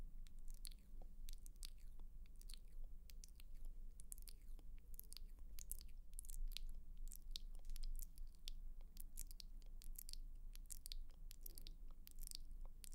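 Assorted mouth sounds: rapid wet clicks, tongue taps and sharp sibilant ticks pop out constantly over a low steady hum throughout.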